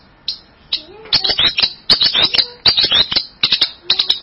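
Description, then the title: Bird song, quick high twittering phrases with sharp chirps, a few lower whistled notes early on. "burung online"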